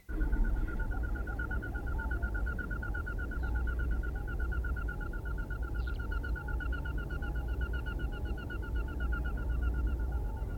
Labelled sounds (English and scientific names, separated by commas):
Common Goldeneye (Bucephala clangula)